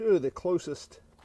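Someone talks while handling the locking pin on a telescoping brake pedal press, pulling it so the cylinder can be extended toward the nearest adjustment hole. The clip ends before the spring pin snaps into place, and nothing has seated or clicked yet.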